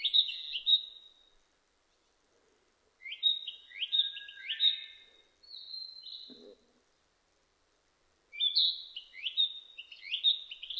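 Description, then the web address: Narcissus flycatcher song: paired and tripled rapid whistled notes, repeated in several bursts separated by short silences. Recorded 25 April 2006; given under the Japanese name kibitaki. "2006 060425 kibitaki"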